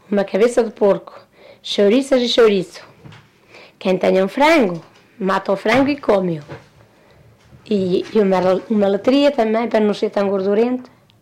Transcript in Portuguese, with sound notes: Uma cabeça de porco, chouriças e chouriço. Quem tenha um frango mata o frango e come-o. [pausa] E e uma le- uma letria, também para não ser tão gordurento.